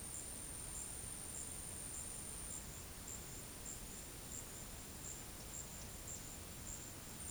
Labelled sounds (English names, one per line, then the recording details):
none
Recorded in dense forest near Puerto Asís, Putumayo, Colombia, on 21 February 2024 at 14:00
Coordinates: 0.486, -76.316
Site G6437